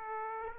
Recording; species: mosquito wingbeat signal from an infrared sensor; Aedes aegypti